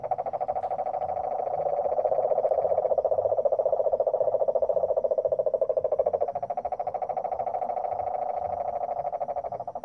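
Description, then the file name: Cane toad giving a continuous, rapidly pulsed low trill throughout. Several cane toads recorded in San Jose, Costa Rica, on 17 July 2017. "2017-07-17 Cane Toads San Jose CR"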